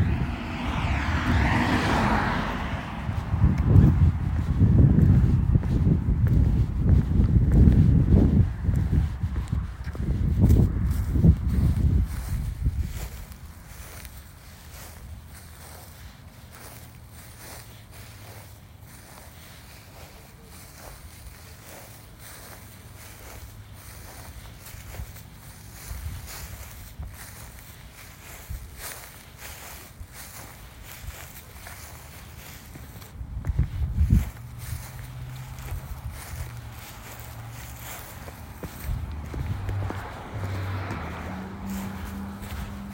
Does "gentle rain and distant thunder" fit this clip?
no